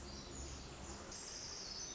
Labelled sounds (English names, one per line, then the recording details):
Pacific Wren
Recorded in Sonoma County, California